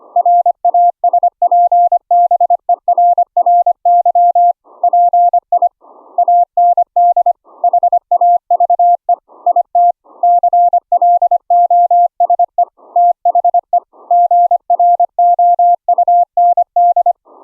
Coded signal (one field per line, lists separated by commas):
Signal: Morse code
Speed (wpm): 25 wpm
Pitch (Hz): 700 Hz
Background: none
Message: RASPBERRY PI AND HAVE IT CLOSE THE GROUND